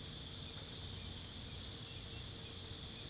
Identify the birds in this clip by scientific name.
none